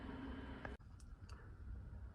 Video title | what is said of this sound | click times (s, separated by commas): Trimming a Jaguar XK120 FHC | and here they are popped into place so looking | 0.7 s